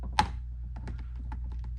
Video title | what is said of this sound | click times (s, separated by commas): How To Fix A Honda Fit or Jazz Seat Belt Adjustment Assembly - P.OV. & Step By Step Instructions | two tabs on the top and one on each side push it in until it clicks | 0.2 s